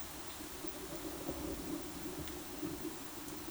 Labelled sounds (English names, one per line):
none